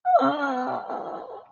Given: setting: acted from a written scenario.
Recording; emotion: vocal sound without words; pain